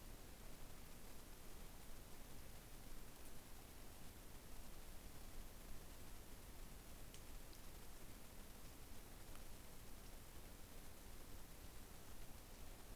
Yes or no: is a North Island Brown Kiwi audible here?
no